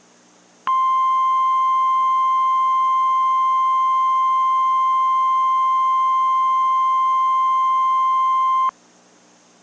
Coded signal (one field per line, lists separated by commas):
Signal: Emergency Alert System (SAME) tones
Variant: 1050 Hz attention tone